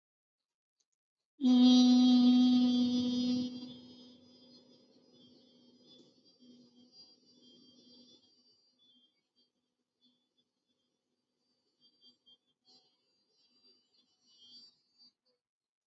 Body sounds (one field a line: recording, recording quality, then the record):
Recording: sustained vowel as in beet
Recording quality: excellent, no background noise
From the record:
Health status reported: healthy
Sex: female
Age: 36 years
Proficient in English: yes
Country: India